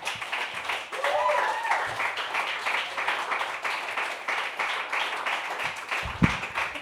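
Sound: audience applause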